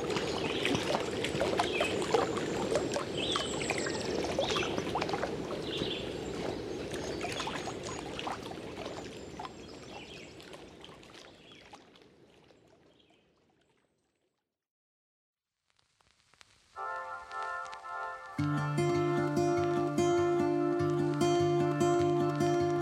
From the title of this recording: Into the Wilderness by Canoe